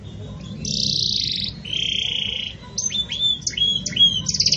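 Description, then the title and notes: Belgian canary singing two sustained buzzy tones, then a string of short clear whistled notes, over faint low background hum. Belgian canary breed; pure campainha song style with pauses, intended for training birds. "Canto Canário Belga Campainha Puro Com Pausa Para Treinamento. CANARIO BELGA"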